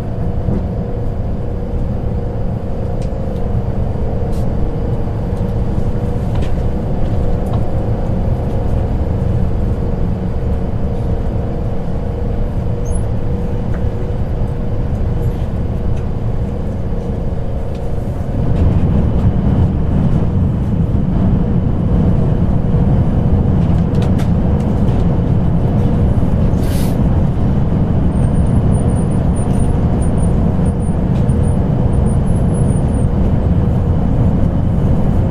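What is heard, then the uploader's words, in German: A train rolls along with a steady, dense low rumble and hum that fills the whole clip. Around eighteen seconds the rumble grows louder and fuller, as if the train picks up speed, while faint clicks and a thin high whine sit above it. Nächtliche Zugreise. Der sanfte Rhythmus der Schienen und das beruhigende Surren des Zuges.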